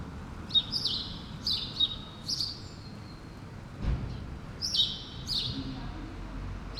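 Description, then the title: Sparrow chirping in short bursts with a pause midway, over low traffic rumble and a brief thump. Sparrows recorded on Rue Keyenveld, Ixelles, Brussels, Belgium, in a street with cars and people passing by; recorded with Lom Usi Pro microphones into a Zoom F6. "Rue Keyenveld, Ixelles, Bruxelles-Capitale, Belgique - Sparrows - moineaux"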